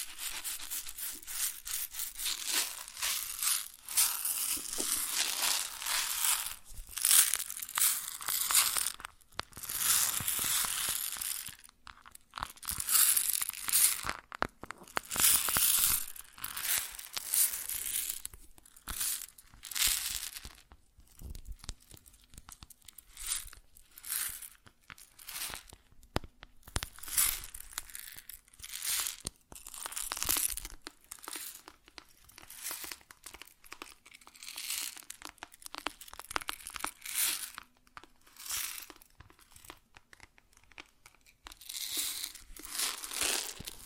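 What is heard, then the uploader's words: Grain being handled: dense, rustling crunches and pours with a bright, hissy top and little low end. The sound comes in irregular bursts, some lasting a few seconds, with brief gaps of near-silence scattered throughout, especially around 9, 16 and 37 seconds. ASMR Grain Sounds (No Talking).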